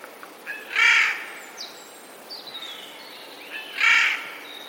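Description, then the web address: Eurasian jay uttering two grating screeches roughly three seconds apart, with faint thin whistles in between. Alarm calls recorded 11 April 2021. "wroblowe ostrzegator sojka 11 04 2021"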